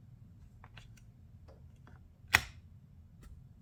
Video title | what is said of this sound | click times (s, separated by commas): Microsoft Surface Keyboard Unboxing - 4K | well that's a nice click magnetic | 2.4 s